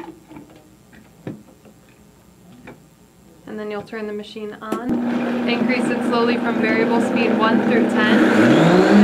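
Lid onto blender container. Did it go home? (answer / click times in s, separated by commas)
yes / 1.3 s, 2.7 s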